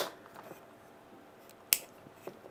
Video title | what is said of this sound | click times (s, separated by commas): Let's Build a Voron 0.2 Part 5 Wiring | snaps in with a nice satisfying click | 1.7 s